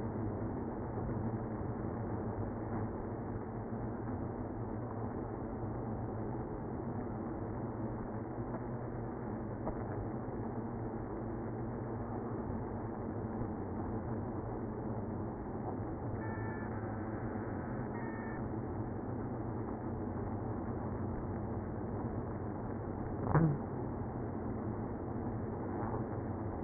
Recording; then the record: honeybee colony, microphone inside the hive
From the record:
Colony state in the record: queenless (queen removed); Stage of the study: after two queens were removed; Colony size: about 60,000 bees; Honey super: yes